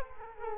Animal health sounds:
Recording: mosquito wingbeat signal from an infrared sensor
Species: Culex quinquefasciatus

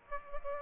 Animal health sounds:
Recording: mosquito wingbeat signal from an infrared sensor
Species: Aedes aegypti

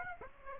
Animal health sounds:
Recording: mosquito wingbeat signal from an infrared sensor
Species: Aedes aegypti

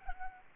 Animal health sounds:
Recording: mosquito wingbeat signal from an infrared sensor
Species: Aedes aegypti

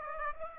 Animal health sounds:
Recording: mosquito wingbeat signal from an infrared sensor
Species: Aedes aegypti

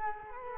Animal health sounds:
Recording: mosquito wingbeat signal from an infrared sensor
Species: Culex quinquefasciatus

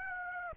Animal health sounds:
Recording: mosquito wingbeat signal from an infrared sensor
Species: Aedes aegypti

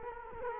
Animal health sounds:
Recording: mosquito wingbeat signal from an infrared sensor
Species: Culex quinquefasciatus

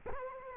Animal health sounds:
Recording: mosquito wingbeat signal from an infrared sensor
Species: Culex quinquefasciatus

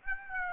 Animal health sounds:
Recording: mosquito wingbeat signal from an infrared sensor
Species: Aedes aegypti

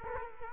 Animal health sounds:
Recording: mosquito wingbeat signal from an infrared sensor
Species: Culex quinquefasciatus

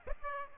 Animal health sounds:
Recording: mosquito wingbeat signal from an infrared sensor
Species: Aedes aegypti

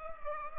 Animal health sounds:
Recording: mosquito wingbeat signal from an infrared sensor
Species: Culex pipiens

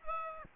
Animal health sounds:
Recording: mosquito wingbeat signal from an infrared sensor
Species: Aedes aegypti

